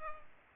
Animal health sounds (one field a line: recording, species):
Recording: mosquito wingbeat signal from an infrared sensor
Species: Culex pipiens